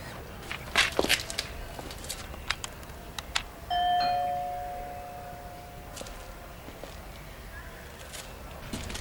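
A doorbell rings with a sustained two-tone chime lasting about a second, preceded by scattered clicks and footstep-like taps, then fading into quiet room tone.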